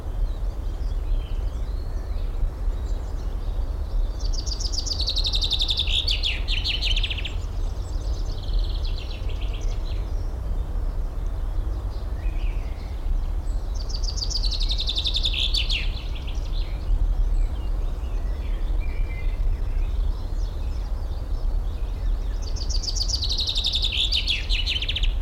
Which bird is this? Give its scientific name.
Fringilla coelebs